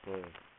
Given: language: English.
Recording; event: throat vibration sensor signal played as sound; speech